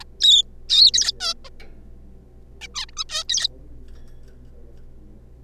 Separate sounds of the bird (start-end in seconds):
0.21-0.43, 0.69-0.91, 0.94-1.12, 1.21-1.34, 1.45-1.49, 2.61-2.67, 2.74-2.85, 2.88-2.90, 2.93-2.95, 2.97-3.04, 3.09-3.23, 3.29-3.48